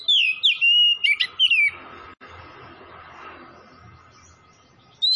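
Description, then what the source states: Oriental magpie-robin giving a brief run of whistled, sliding notes, then mostly a quiet hiss and hum until another note begins at the very end. Kacer singing vigorously (gacor) from Tretes.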